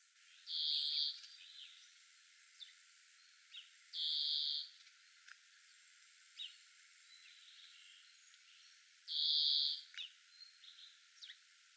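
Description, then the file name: European greenfinch with three drawn-out, harsh, buzzy wheezes spaced a few seconds apart, and faint short chirps in between. "Chloris chloris"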